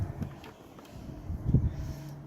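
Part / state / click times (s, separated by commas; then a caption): bulb socket into tail light housing / not seated / none. A bulb socket with an LED back-up reverse light is placed back inside the tail light housing of a 2013–2017 Honda Civic and lined up with the housing groove, ready to be twisted to lock. Soft handling rustles and low thumps are heard, with brief knocks at about 0.8 and 1.6 seconds. Nothing has clicked or locked yet.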